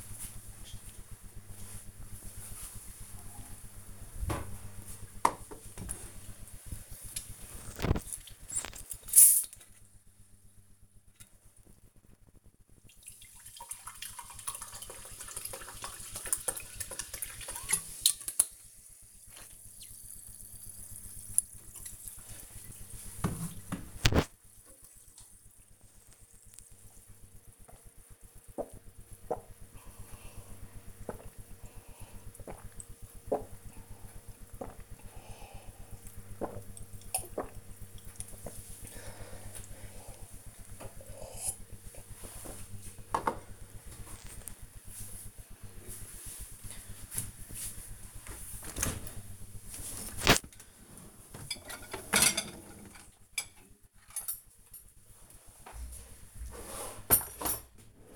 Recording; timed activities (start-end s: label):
household activities, microphone on the right wrist
20.85-43.01 s: drinking
48.04-58.16 s: cleaning out the dishwasher